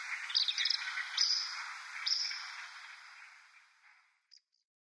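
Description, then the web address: Pied kingfisher giving several sharp, high chirping calls over the first two seconds, the sound then fading away into quiet. "Schulze Peter Pied Kingfisher"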